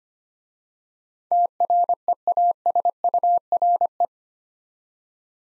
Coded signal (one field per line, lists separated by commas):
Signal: Morse code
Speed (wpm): 25 wpm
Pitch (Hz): 700 Hz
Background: none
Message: TREASURE